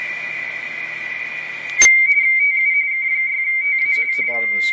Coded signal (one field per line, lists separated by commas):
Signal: RTTY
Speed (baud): 45.45 baud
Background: speech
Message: TU K6TA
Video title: Radio Teletype (RTTY) decoded by ICOM 7410 on 10 meters